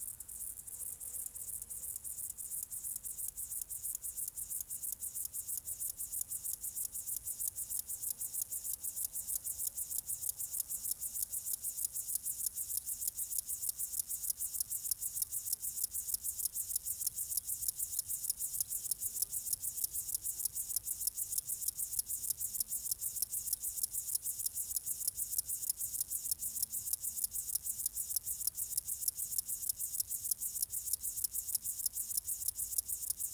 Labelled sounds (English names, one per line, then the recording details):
Upland Field Grasshopper stridulation
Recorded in the wild
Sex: male
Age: adult
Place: Bernau bei Berlin, Barnim, Brandenburg, DE
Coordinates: 52.6615, 13.6402
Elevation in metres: 90
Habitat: orchard meadow
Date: 2023-08-12 17:29
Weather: 25°C, no wind
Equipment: Smartphone Huwai P20 Lite, Batcorder app
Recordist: Frommolt, Karl-Heinz